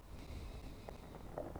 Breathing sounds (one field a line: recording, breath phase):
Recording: one breath near a microphone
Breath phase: exhalation